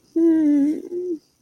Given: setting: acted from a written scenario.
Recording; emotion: vocal sound without words; disappointment